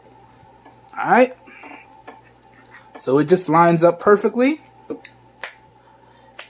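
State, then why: Seated. A protective phone case is pressed onto a NUU Mobile G5 smartphone while someone talks. Two sharp snaps are heard at 5.4 s and 6.4 s as the edges of the case seat, and the case clicks into place.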